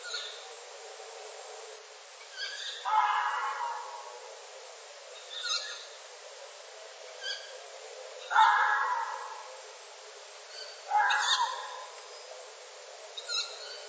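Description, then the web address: Tawny owl calls: a few harsh, scratchy bursts spaced several seconds apart, with faint clicks and a quiet background hiss between them. "sjobacken ljud kattuggla"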